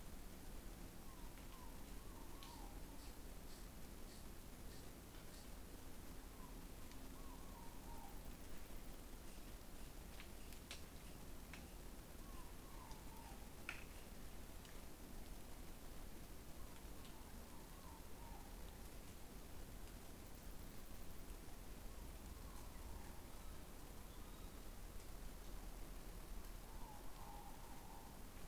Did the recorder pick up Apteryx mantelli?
no